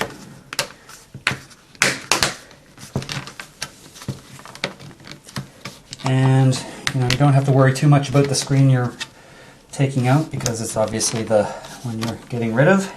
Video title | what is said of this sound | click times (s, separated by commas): Laptop screen replacement / How to replace laptop screen Lenovo SL510 | You hear it just snap out of the constraints. | 0.6 s, 1.3 s, 1.8 s, 2.1 s